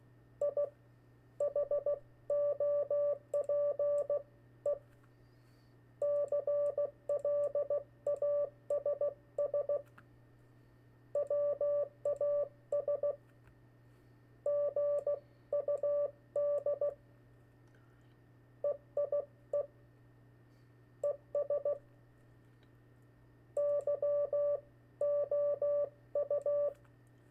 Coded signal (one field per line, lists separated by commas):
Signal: Morse code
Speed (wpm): 16 wpm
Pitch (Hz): 580 Hz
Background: none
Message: I HOPE CLASS WAS GUD EIE ES YOU